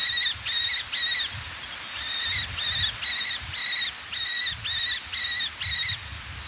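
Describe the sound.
Eleonora's falcon calling in quick runs of grating notes, roughly two each second, broken by one short pause.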